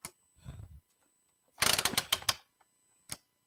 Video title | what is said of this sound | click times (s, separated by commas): Storm Window Repairs: Hands-on Workshop | so you can hear that clicking I imagine and that clicking is those stops okay | 1.6 s, 1.7 s, 1.9 s, 2.0 s, 2.1 s, 2.3 s